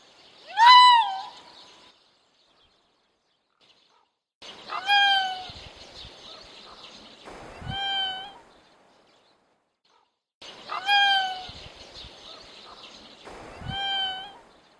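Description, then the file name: Raccoon dog giving high, falling whines rich in overtones, in about five bursts, some mixed with rough, raspy noise, separated by short silences. "jenot"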